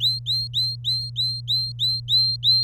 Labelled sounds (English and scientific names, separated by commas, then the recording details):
Domestic Canary (Serinus canaria) song
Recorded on 26 April 2018 at 07:46
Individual llb3